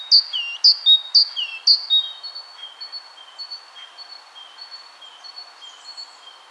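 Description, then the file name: Great tit with a few loud high-low note pairs at first, then softer, thinner repeated notes trailing off. "Parus major"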